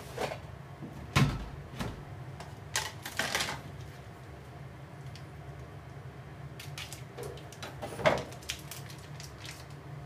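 Cooking sounds: a steady low hum runs underneath while sharp clicks and knocks of utensils and cupboard-like bangs come irregularly. A cluster of louder clatter falls in the first four seconds, then quieter taps, with another burst of knocks around eight seconds.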